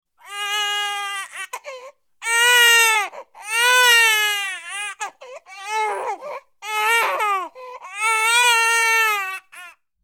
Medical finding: Baby crying.